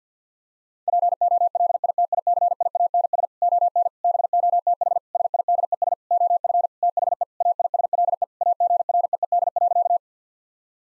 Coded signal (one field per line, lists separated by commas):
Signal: Morse code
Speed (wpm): 50 wpm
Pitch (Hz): 700 Hz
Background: none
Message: POLITICIANS ON BOTH SIDES OF THE AISLE AGREED.